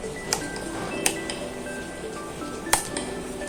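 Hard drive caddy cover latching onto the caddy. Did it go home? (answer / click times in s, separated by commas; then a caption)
yes / 0.3 s, 1.1 s, 2.7 s. The plastic hard drive caddy cover of a Panasonic Toughbook CF-53 is pressed closed over the fitted hard drive. Sharp clicks sound at 0.3, 1.1 and 2.7 seconds over steady background music. The cover is latched shut on all four sides.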